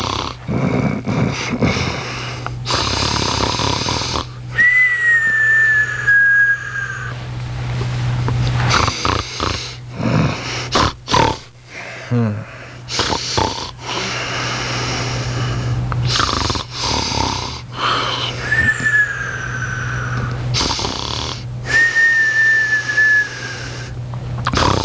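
Snoring from an adult sleeper, with repeated breathing cycles including whistling, high-pitched tones.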